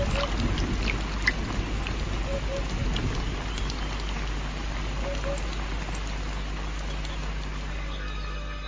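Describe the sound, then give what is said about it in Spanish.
Steady rain pours down in a dense, hissing wash, with scattered sharper patters of drops and a low, constant rumble underneath throughout, falling briefly during a drought. “Pero la lluvia es solo un recuerdo fugaz de tiempos mejores.”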